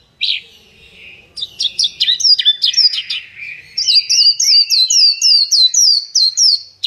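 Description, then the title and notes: Bird song of quick high chirps building into a steady series of repeated whistled notes, delivered rapidly. Bird song meant for training pet birds to master songs. "Suara Burung. Suara Kicauan Burung untuk memaster burung kesayangan"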